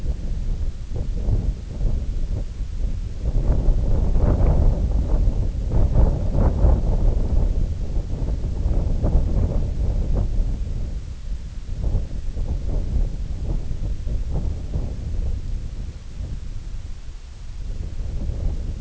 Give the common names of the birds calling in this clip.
none